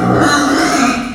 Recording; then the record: squeal of a Yucatan mini pig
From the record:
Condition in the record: after surgery on the right vocal fold (resection and tissue-engineered implant); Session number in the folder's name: 6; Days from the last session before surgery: 40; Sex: female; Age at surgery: 19 weeks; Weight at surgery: 25 kg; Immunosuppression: prednisolone